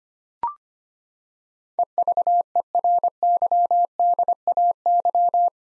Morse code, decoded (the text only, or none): EVERYDAY